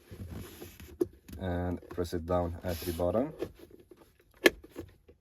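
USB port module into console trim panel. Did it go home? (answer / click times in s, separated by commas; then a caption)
yes / 4.5 s. In a Volvo, a plastic dual USB port module, swapped in for the original single-port unit, is fitted back into the console trim panel opening top first and then pressed down at the bottom while someone talks. A few small clicks and handling sounds come around 0.8–1.0 s, then a loud sharp snap at 4.5 s as the module seats in the panel, followed by faint ticks.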